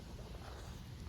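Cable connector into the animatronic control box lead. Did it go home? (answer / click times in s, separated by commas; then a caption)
no / none. A helper handles the leg cable connector, bringing it to the control box lead of a Spirit Halloween 2023 Dagger Mike clown animatronic. Only steady broadband noise with a low rumble is heard, with no distinct hit. Nothing has seated or clicked yet.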